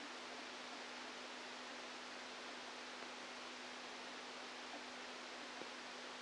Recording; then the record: brain microelectrode recording played as sound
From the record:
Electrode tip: outside the subthalamic nucleus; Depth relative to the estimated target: -4 mm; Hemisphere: left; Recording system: NeuroSet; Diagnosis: Parkinson's disease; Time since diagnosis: 13 years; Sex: male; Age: 49 years